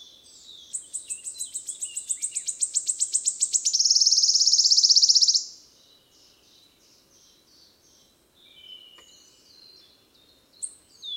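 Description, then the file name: Wood warbler: stuttering high notes repeated faster and faster, merging into a brilliant sustained trill, then quiet, with faint chirps and a sharp note near the end. Recorded 10 May 2008, 11:17. "20080510 1117 Phylloscopus sibilatrix"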